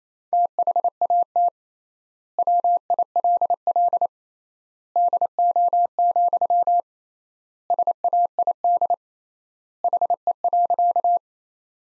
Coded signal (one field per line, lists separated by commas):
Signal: Morse code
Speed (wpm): 28 wpm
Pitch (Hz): 700 Hz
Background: none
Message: THAT WILL DO, SAID HE.